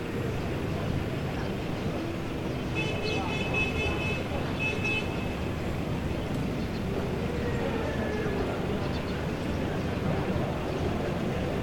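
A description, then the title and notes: Early morning at a market parking lot: a steady, dense low rumble of vehicles runs throughout at an even level. Voices murmur underneath, and around three to five seconds a bright chirping or squeaking tone repeats briefly, with a faint whistle near eight seconds. Early morning market parking lot.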